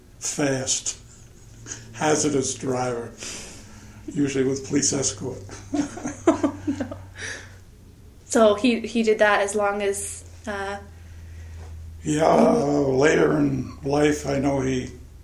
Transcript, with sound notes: fast, hazardous driver. Usually with police escort. [laughter]
So he did that as long as, uh..
Yeah, later in life I know he